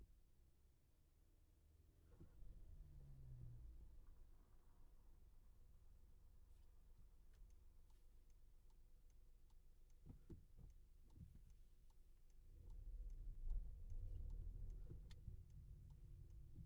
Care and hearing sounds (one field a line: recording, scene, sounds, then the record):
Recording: everyday scene through a hearing-aid microphone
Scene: in a vehicle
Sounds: engine, traffic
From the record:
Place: Skoda Fabia, gasoline engine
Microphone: behind the ear, left, front